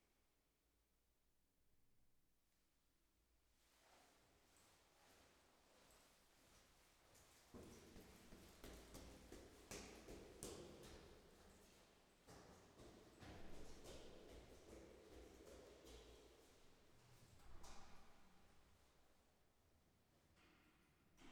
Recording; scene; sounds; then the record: everyday scene through a hearing-aid microphone; reverberant space; background noise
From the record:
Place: staircase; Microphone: behind the ear, right, front